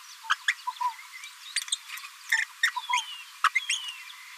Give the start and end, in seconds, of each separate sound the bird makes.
0.30-0.34, 0.48-0.52, 1.56-1.60, 2.31-2.37, 2.63-2.70, 2.93-3.01, 3.44-3.48